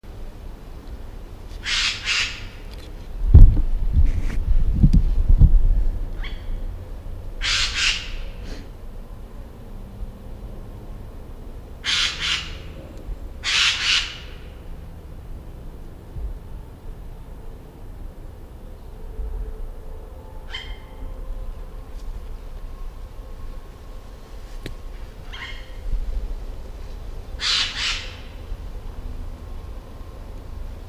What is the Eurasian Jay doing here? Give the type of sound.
call